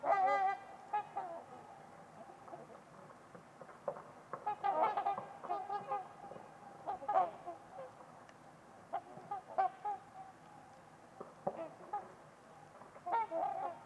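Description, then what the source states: Trumpeter swans calling repeatedly with bugling honks throughout, over a low, constant hiss. Trumpeter swans at Winters Lake on a winter evening, in a quiet, deep valley, with distant white noise.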